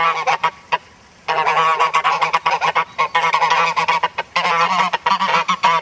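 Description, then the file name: Goose: geese honking: nasal, rapid honks tumbling over one another from several birds, a brief pause near the start, then continuous overlapping calls. "Gaense"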